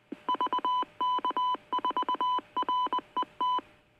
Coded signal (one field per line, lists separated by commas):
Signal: Morse code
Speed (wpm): 20 wpm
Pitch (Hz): 1000 Hz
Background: none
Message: VK4RET